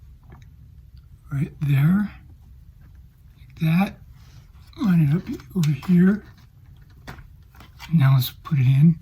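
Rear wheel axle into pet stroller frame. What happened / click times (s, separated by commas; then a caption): The axle is only being lined up; nothing seats / none. A rear wheel axle is lined up with the holes in the frame of a MoNibloom folding pet stroller before being pushed in, while someone talks. Only a few faint handling taps and light rustles are heard between the speech. Nothing has seated or clicked yet; the parts are only being positioned.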